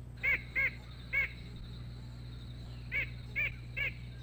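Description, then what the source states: White-breasted Nuthatch giving nasal, honking calls: three notes, a pause of over a second, then three more, against a low steady hum. Heard singly.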